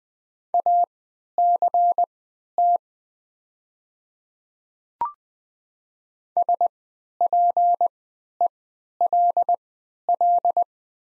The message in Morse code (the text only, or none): ACT SPELL